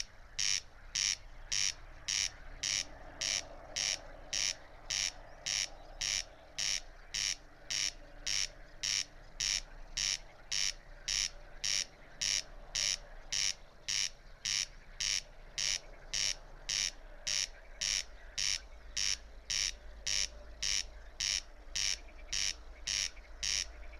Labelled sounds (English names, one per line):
Corn Crake song